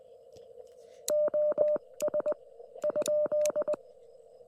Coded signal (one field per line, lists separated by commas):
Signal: Morse code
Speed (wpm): 20 wpm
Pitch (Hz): 600 Hz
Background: none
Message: OS ?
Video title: Indiana CW at US-4178 with the QRP Labs QMX and 50W Amp!